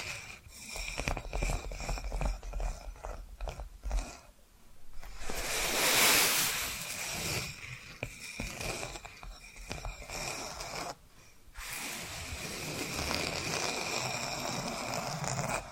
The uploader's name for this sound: Hypnotic Tapping & Scratching Sounds